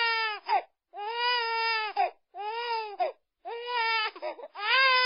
Baby Crying.